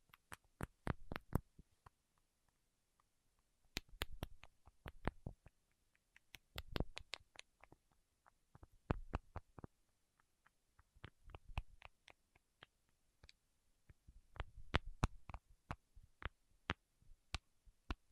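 Fingertips tap and peel against wax, making sharp, crisp clicks that come in uneven clusters every couple of seconds, separated by brief near-silences. Some bursts carry a soft low thud beneath the bright ticks, and the pace stays irregular throughout.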